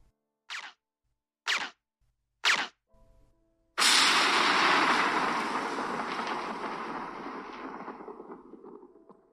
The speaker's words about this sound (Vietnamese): Tiếng súng được lắp ống giảm thanh vừa dứt thì một loạt tiếng sấm rung chuyển trời đất rền vang.